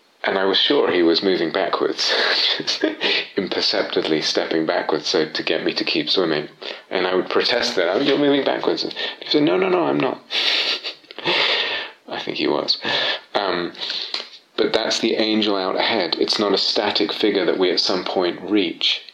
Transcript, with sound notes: I was sure he was moving backwards, [laughs] just imperceptibly stepping backwards to get me to keep swimming. And I would protest that, "You're moving backwards!" He would say, "No, no, no. I'm not." [laughs] I think he was. But that's the angel out ahead. It's not a static figure that we, at some point, reach.